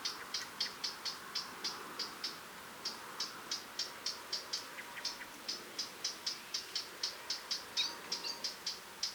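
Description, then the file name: Eurasian blackcap: rapid run of hard 'tac' clicks, roughly three or four each second, slightly irregular in spacing, over faint background hiss. "Sylvia atricapilla"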